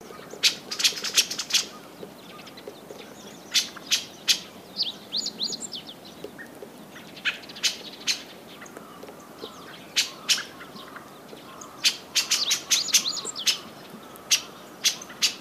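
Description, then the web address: Dusky thrush calls: sharp, high clicking chips come at uneven intervals, with short bursts of thin twittering between them over a soft steady hiss. "izumino saunndo tugumi-b"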